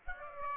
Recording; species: mosquito wingbeat signal from an infrared sensor; Aedes aegypti